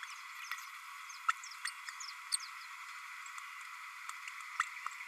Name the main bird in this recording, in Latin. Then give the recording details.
Forpus passerinus. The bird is a male. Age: 30 days. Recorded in a nest box in Venezuela. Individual 17B32A6